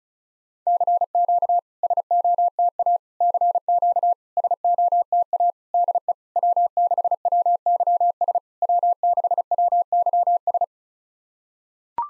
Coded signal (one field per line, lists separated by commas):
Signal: Morse code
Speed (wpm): 36 wpm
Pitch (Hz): 700 Hz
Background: none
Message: CQ SOTA CQ SOTA DE W6WYS W6WYS